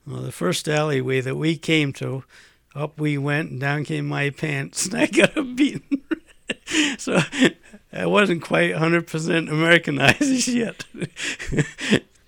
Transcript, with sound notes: Well, the first alley that we came to, up we went and down came my pants and I got a beating. ( he laughs ) So I wasn't quite a hundred percent Americanized yet. And